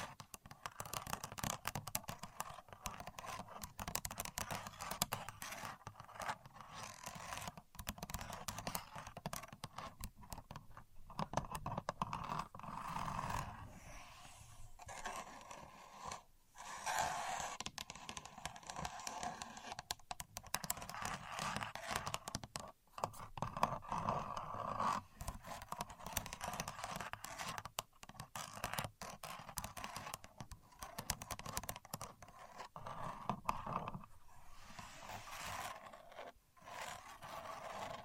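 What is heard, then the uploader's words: A contour gauge is handled, its many pins giving off a dense, steady patter of tiny clicks and rattles with a scratchy edge. Brief pauses break the clatter near 16, 23 and 36 seconds. Using A Contour Gauge (No Talking).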